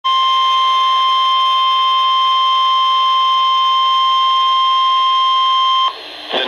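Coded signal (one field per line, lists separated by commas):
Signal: Emergency Alert System (SAME) tones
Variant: 1050 Hz attention tone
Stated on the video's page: Severe thunderstorm warning from NOAA Weather Radio station WXJ87, Madison, Wisconsin.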